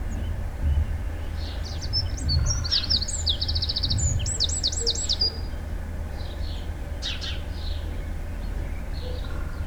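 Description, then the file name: Eurasian wren song, one vigorous high-pitched outburst of fast trills and rolling rattles lasting about four seconds, with a constant low rumbling background. "Troglodytes troglodytes"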